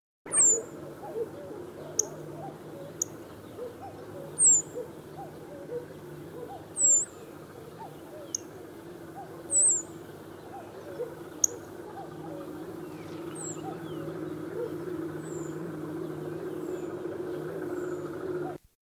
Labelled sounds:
Yellow-breasted Bunting (Emberiza aureola) call
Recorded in the wild
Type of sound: call
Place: Ulan Bator, MN
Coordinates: 47.886, 106.906
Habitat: Park
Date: 1979-06-05 04:40
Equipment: Nagra III BH, Sennheiser MD 21, parabola
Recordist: Schubert, Michael
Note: Rufe Weidenammer

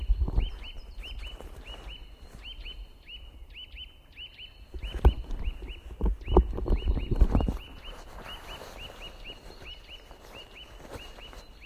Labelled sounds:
Eurasian Nuthatch (Sitta europaea)
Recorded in the wild
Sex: male
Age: adult
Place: Liepnitzsee, Naturpark Barnim, Brandenburg, DE
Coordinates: 52.7433, 13.5169
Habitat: decidouos forest
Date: 2011-03-27
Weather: overcast, 0°C, no wind
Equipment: Sound Devices 702, Sennheiser MKH 70, Rycote Windschutz
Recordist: Frommolt, Karl-Heinz

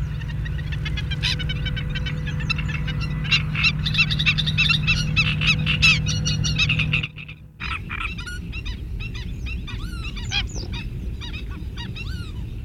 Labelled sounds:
Black-winged Stilt (Himantopus himantopus) call
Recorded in the wild
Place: Burgas, BG
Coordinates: 42.505, 27.463
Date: 1974-06-03
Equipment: Nagra III BH, Sennheiser MD 21, parabola
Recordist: Schubert, Michael
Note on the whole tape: Stelzenläufer

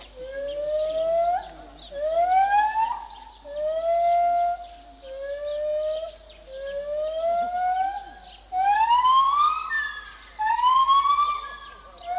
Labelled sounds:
Lar Gibbon (Hylobates lar)
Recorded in captivity
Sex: pair
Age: adult
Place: Zoo Berlin, Berlin, DE
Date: 2004-06-07 13:20
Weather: heiter bis wolkig, 23-25°C
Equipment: Sony WM-D6C, Sennheiser ME 80, Kopie Uher 4000 Report Monitor
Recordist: Tembrock, Günter

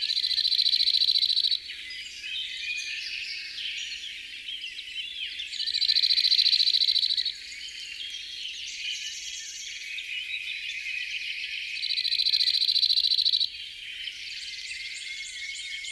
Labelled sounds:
Cirl Bunting (Emberiza cirlus) song
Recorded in the wild
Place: St. Laurent des Arbres und Umgebung, FR
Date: 2008-05-14
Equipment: MiniDisc Sharp MT 20 H
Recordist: Schwarz, Dieter
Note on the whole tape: Song

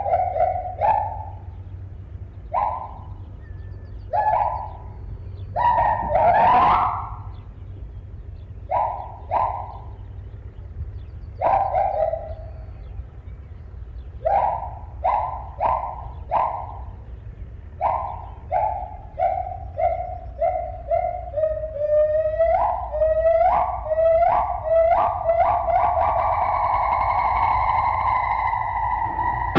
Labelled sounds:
Agile Gibbon (Hylobates agilis)
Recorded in captivity
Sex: pair
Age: adult
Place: Zoopark Erfurt, Thüringen, DE
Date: 1972-05-19
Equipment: Uher 4200 Report Monitor, Tesla Verstärker, Sennheiser Mikrophon
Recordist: Tembrock, Günter

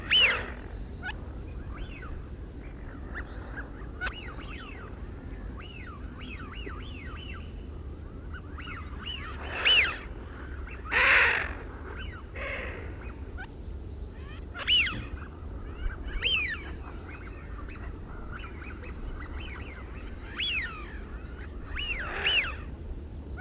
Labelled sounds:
Eurasian Wigeon (Mareca penelope) call
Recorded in the wild
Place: Kleiner Jasmunder Bodden, Insel Rügen, Mecklenburg-Vorpommern, DE
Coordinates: 54.93, 13.53
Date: 1969-10-07 07:45
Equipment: Nagra III BH, Sennheiser MD 21, parabola
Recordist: Schubert, Michael

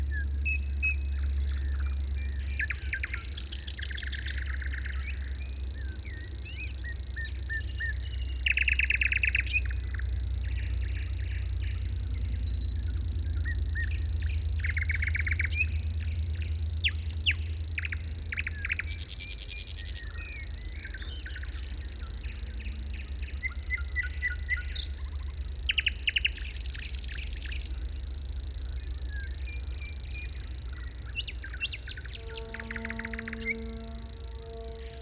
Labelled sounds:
Common Grasshopper Warbler (Locustella naevia) song
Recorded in the wild
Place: Wostevitz, Insel Rügen, Mecklenburg-Vorpommern, DE
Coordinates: 54.498, 13.567
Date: 1971-05-31
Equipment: Nagra III BH, Sennheiser MD 21, parabola
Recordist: Schubert, Michael

